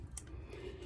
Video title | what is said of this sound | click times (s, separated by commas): UST U-Dig-It Folding Camp Shovel | you squeeze it it locks into place it's very strong and sturdy | 0.2 s